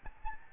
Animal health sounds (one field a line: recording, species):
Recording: mosquito wingbeat signal from an infrared sensor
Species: Aedes albopictus